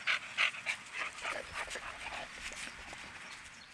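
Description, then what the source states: Dog panting, quick breathy pants about three per second, loud at first then softening and fading, outdoors with no other clear sounds. Dog breathing while walking outside.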